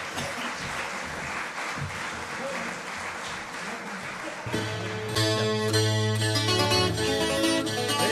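An audience claps steadily in a dense, even wash of applause for several seconds, welcoming two payadores to a poetic duel in counterpoint, then sustained musical notes come in and carry on over the fading clapping.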